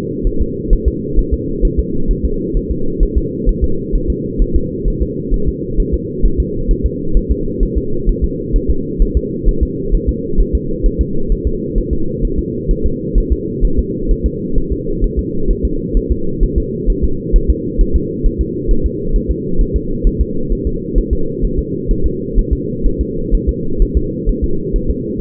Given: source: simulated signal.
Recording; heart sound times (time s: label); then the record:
fetal heart sounds
0.27 s: S1
0.41 s: S2
0.73 s: S1
0.88 s: S2
1.19 s: S1
1.34 s: S2
1.65 s: S1
1.79 s: S2
2.11 s: S1
2.25 s: S2
2.57 s: S1
2.71 s: S2
3.03 s: S1
3.18 s: S2
3.49 s: S1
3.64 s: S2
3.95 s: S1
4.10 s: S2
4.42 s: S1
4.56 s: S2
4.88 s: S1
5.03 s: S2
5.34 s: S1
5.48 s: S2
5.80 s: S1
5.94 s: S2
6.25 s: S1
6.40 s: S2
6.71 s: S1
6.86 s: S2
7.17 s: S1
7.32 s: S2
7.63 s: S1
7.78 s: S2
8.09 s: S1
8.24 s: S2
8.56 s: S1
8.70 s: S2
9.02 s: S1
9.17 s: S2
9.48 s: S1
9.63 s: S2
9.95 s: S1
10.09 s: S2
10.40 s: S1
10.55 s: S2
10.86 s: S1
11.01 s: S2
11.32 s: S1
11.47 s: S2
11.78 s: S1
11.93 s: S2
12.25 s: S1
12.39 s: S2
12.71 s: S1
12.86 s: S2
13.18 s: S1
13.32 s: S2
13.65 s: S1
13.79 s: S2
14.11 s: S1
14.26 s: S2
14.58 s: S1
14.72 s: S2
15.04 s: S1
15.19 s: S2
15.51 s: S1
15.65 s: S2
15.97 s: S1
16.12 s: S2
16.43 s: S1
16.58 s: S2
16.90 s: S1
17.04 s: S2
17.36 s: S1
17.50 s: S2
17.81 s: S1
17.96 s: S2
18.26 s: S1
18.41 s: S2
18.71 s: S1
18.86 s: S2
19.16 s: S1
19.31 s: S2
19.61 s: S1
19.76 s: S2
20.07 s: S1
20.21 s: S2
20.52 s: S1
20.67 s: S2
20.98 s: S1
21.13 s: S2
21.45 s: S1
21.59 s: S2
21.91 s: S1
22.06 s: S2
22.39 s: S1
22.53 s: S2
22.86 s: S1
23.01 s: S2
23.34 s: S1
23.49 s: S2
23.82 s: S1
23.97 s: S2
24.29 s: S1
24.44 s: S2
24.76 s: S1
24.90 s: S2
From the record:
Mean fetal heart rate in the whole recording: 130 bpm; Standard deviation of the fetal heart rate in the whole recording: 4 bpm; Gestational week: 38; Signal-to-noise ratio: -8.1 dB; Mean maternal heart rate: 72 bpm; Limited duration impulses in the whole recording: absent